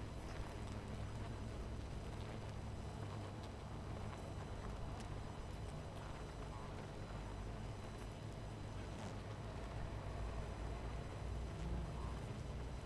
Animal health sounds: honeybee colony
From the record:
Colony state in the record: missing queen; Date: 14 July 2017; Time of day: 18:26

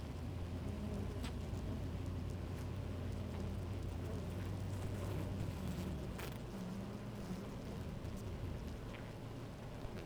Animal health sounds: honeybee colony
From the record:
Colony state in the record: active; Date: 28 July 2017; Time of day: 10:42

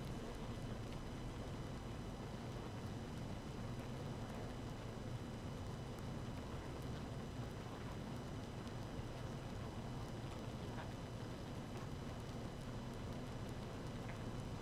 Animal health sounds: honeybee colony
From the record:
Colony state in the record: active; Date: 12 June 2018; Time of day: 6:33

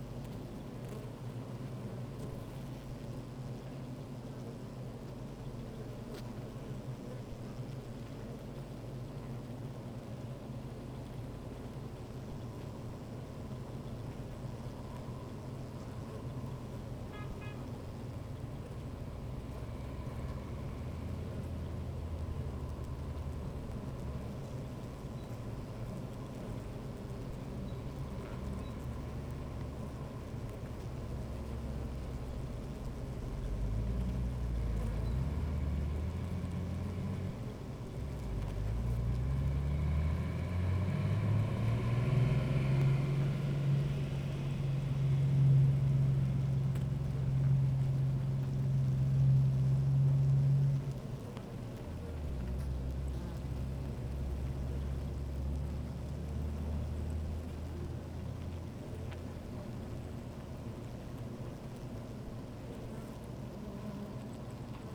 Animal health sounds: honeybee colony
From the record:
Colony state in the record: active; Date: 28 July 2017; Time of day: 13:47

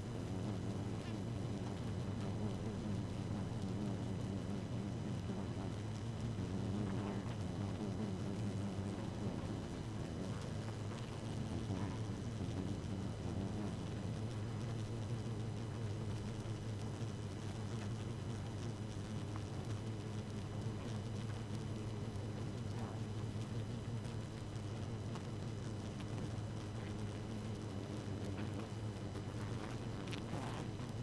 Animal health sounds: honeybee colony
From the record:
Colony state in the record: active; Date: 12 June 2018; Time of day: 0:21

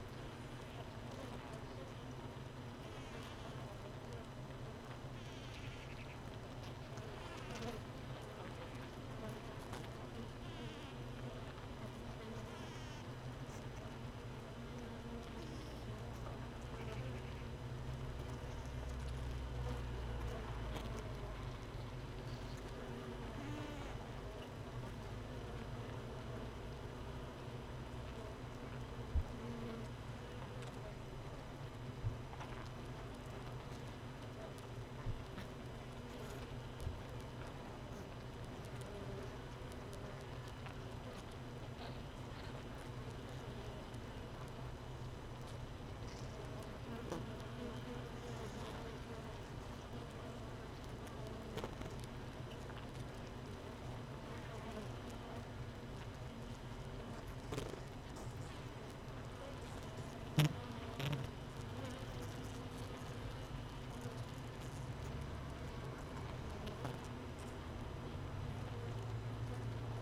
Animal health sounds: honeybee colony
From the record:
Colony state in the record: missing queen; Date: 31 May 2018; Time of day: 15:30

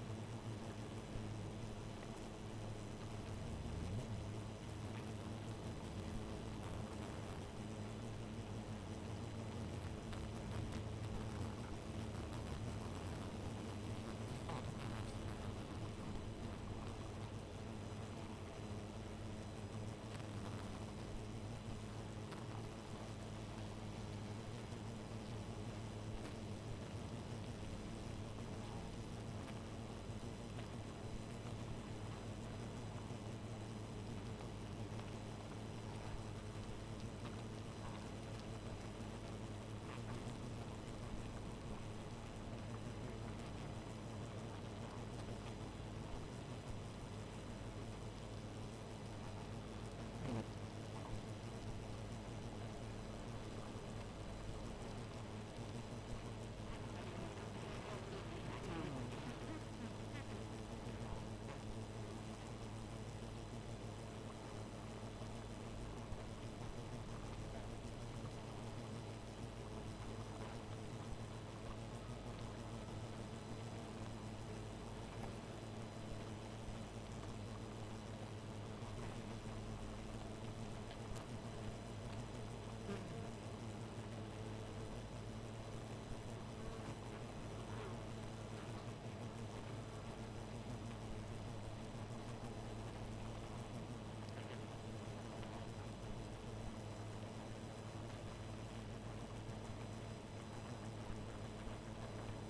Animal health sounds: honeybee colony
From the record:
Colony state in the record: missing queen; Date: 14 July 2017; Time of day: 1:44

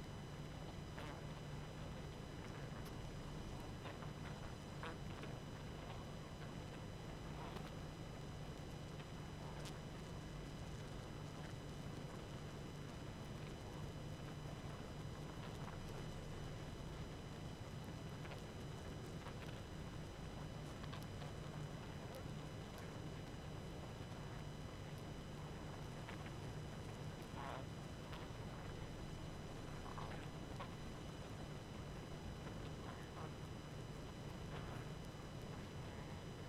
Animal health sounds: honeybee colony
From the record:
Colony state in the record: active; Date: 12 June 2018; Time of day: 21:06

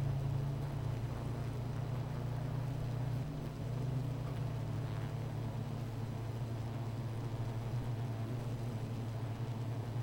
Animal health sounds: honeybee colony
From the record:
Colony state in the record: missing queen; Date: 14 July 2017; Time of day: 16:20

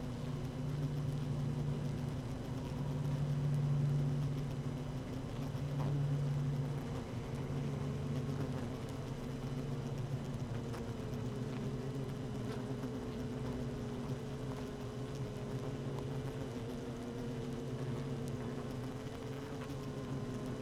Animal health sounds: honeybee colony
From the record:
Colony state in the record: active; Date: 12 June 2018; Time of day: 7:37

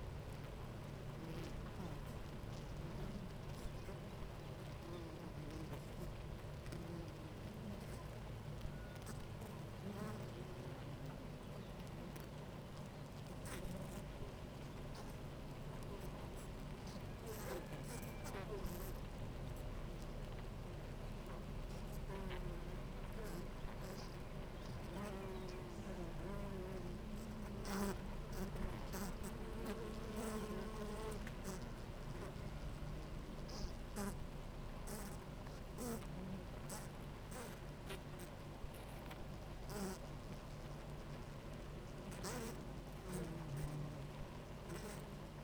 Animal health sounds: honeybee colony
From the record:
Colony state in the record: active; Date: 28 July 2017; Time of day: 9:33

